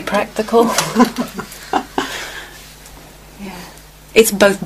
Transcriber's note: laughs